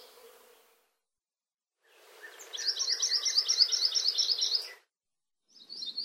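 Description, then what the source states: Anianiau song: a sweet, soft trill of quick high notes, with another high phrase beginning at the very end. Song is a complex trill, somewhat lilting, sweet, soft and musical; seldom sings outside breeding season.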